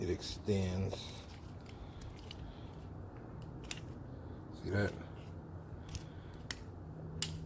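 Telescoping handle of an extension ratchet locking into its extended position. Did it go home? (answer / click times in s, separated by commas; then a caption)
yes / 7.2 s. Someone talks while pulling out the telescoping handle of an extension ratchet, the tool used with deep sockets for tensioner pulley and idler pulley repair on a 2001 Ford F-150 4.6L V8. A few faint ticks come first, then a sharp metallic click at 7.2 s as the handle locks into its extended position.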